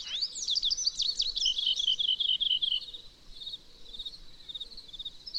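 Bird song: a fast, jumbled burst of high twittering notes for about three seconds, then quieter rolling phrases continue.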